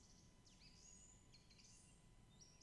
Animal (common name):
Song Thrush